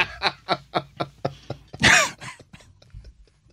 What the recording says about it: No one can accuse me of faking it because I did not know we were rolling. That was an authentic sneeze. But it almost sounds like it's not. An overly dramatic cartoonish sneeze.